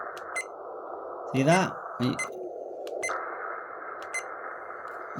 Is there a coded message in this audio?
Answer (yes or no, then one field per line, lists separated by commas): no